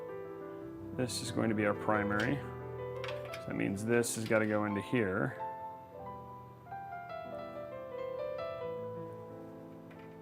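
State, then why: Not seated. A PC cable connector is handled near its port on a PC case or motherboard socket while someone talks over background piano-like music. The connector has not seated or clicked into the port yet.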